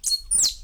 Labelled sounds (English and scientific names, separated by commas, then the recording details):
Stitchbird (Notiomystis cincta) song
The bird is a male
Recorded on Tiritiri Matangi Island, New Zealand, in 2005
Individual 2, of nest box 2